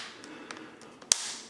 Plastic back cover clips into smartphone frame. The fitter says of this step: Make sure that you can hear all the little clicks seal on it